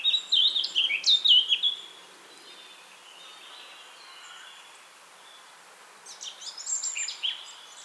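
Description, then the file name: Eurasian blackcap giving a short, bright warbled phrase at the start, quiet hiss for several seconds, then softer high chattering notes near the end. "Sylvia atricapilla"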